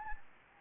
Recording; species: mosquito wingbeat signal from an infrared sensor; Anopheles gambiae